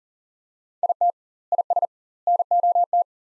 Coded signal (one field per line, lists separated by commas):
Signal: Morse code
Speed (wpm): 40 wpm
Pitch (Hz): 700 Hz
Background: none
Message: IT IS NOT